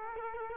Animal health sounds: mosquito wingbeat signal from an infrared sensor; Culex quinquefasciatus

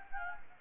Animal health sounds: mosquito wingbeat signal from an infrared sensor; Anopheles gambiae

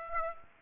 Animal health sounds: mosquito wingbeat signal from an infrared sensor; Aedes aegypti

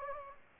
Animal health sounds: mosquito wingbeat signal from an infrared sensor; Anopheles gambiae

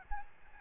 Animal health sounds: mosquito wingbeat signal from an infrared sensor; Aedes albopictus

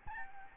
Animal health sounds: mosquito wingbeat signal from an infrared sensor; Aedes albopictus

